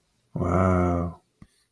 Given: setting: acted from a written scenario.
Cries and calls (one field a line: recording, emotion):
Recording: vocal sound without words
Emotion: desire